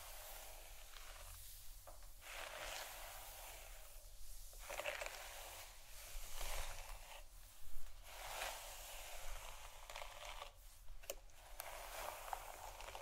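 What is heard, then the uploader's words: Hair brushing and head massage: soft, dense rustling and scratching strokes that swell and fade in waves, several per few seconds, with louder sweeps around 6 and 8 seconds. A steady low hum sits underneath, and an occasional small click stands out near 11 seconds. ASMR Real Hair Brushing & Head Massage （No Talking）.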